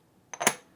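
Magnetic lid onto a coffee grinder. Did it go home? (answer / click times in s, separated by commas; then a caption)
yes / 0.5 s. A magnetic lid is set onto an Option-O Lagom Mini coffee grinder and turned until its magnets line up. A light tap and a brief scraping contact come first, then a sharp bright click at 0.5 s as the lid snaps into place and locks. On an earlier try the magnets were not lined up and the lid just sat on top.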